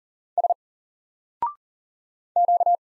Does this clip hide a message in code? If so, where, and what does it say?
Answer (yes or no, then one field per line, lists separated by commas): yes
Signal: Morse code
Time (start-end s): 0.4-2.8 s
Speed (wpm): 40 wpm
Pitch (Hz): 700 Hz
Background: none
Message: S Q